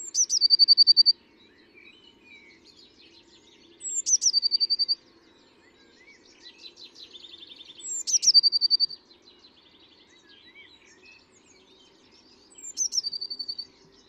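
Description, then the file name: Eurasian blue tit repeating a high sharp note followed by a fast, even trill about every four seconds, four times; faint other bird notes and a low hum. "Cyanistes caeruleus"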